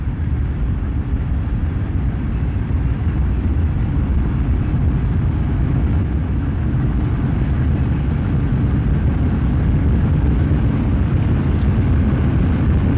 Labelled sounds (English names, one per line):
Common Toad call